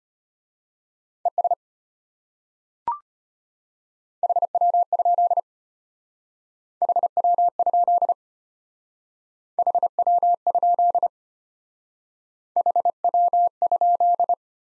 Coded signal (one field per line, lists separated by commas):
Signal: Morse code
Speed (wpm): 32 wpm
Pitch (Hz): 700 Hz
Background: none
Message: ES HW? HW? HW? HW?